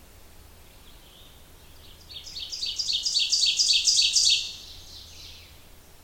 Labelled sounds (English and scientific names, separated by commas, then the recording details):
Ovenbird (Seiurus aurocapilla) song
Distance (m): 5 m
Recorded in boreal forest in Alberta, Canada, on 27 June 2016 at 08:52
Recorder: SongMeter 3, array SBT-6-79
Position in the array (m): 65 m, 125 m
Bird 40